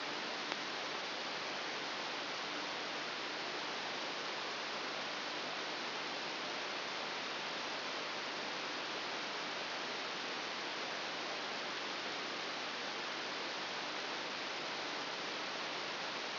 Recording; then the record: brain microelectrode recording played as sound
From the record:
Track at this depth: inside the subthalamic nucleus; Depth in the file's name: 1.606 mm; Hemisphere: right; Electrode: 3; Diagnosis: Parkinson's disease